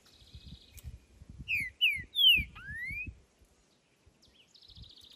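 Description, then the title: Green-winged saltator song: a few loud slurred whistles, some falling and one rising, sung over about two seconds, with faint buzzy notes and low rumbling noise in the background. Sung in nature; the recording is meant to stimulate a captive bird, described as calling, singing and acting male in a contest. "Trinca Ferro Cantando na Natureza! Ideal para ESQUENTAR seu TRINCA!!"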